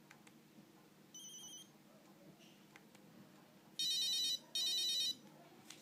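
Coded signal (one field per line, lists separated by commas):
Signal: none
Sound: phone ringtone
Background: speech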